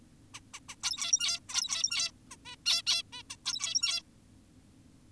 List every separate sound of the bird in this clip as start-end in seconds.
0.34-0.40, 0.54-0.60, 0.69-0.76, 0.83-1.39, 1.49-2.12, 2.31-2.36, 2.46-2.56, 2.66-2.82, 2.87-3.03, 3.13-3.23, 3.30-3.36, 3.46-4.02